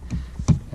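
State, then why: Seated. The pivoting motor mount handle of an EP Carry kayak electric motor, on a NuCanoe Frontier 12 kayak mount, is pushed back into its stowed, down position. A softer knock comes at 0.1 s, then a sharp, louder knock at 0.5 s as the arm latches and locks in place.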